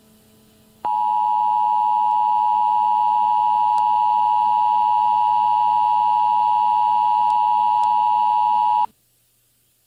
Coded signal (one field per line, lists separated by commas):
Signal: Emergency Alert System (SAME) tones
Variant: 853 and 960 Hz attention tone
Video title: Contestants enter Facility Z fallout shelter & meet the overseer - Fishtank Live S4 Day 15